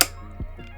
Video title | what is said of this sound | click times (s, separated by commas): Tilta MIRAGE + NUCLEUS Nano Motorized VND Matte Box. Ultimate Guide | oh that's perfect that lock sound right there | 0.0 s